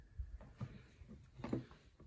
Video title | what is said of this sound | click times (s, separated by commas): FIRST ANIME RESIN STATUE SON GOHAN, SPENT OVER $500?!! | it just snaps back into place, and boom. | 1.4 s